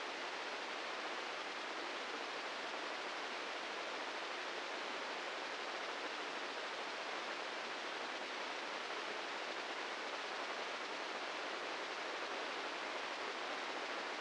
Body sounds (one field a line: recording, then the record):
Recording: brain microelectrode recording played as sound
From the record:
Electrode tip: inside the subthalamic nucleus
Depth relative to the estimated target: -2 mm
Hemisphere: right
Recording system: NeuroSet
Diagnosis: Parkinson's disease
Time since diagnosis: 15 years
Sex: male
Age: 65 years